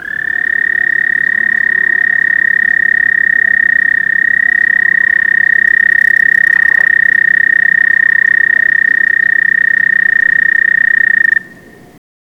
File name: american toad